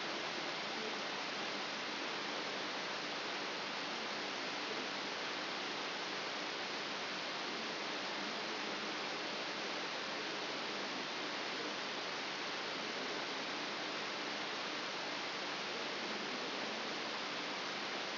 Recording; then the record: brain microelectrode recording played as sound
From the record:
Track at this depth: inside the subthalamic nucleus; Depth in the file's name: 4.302 mm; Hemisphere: left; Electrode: 3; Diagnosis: Parkinson's disease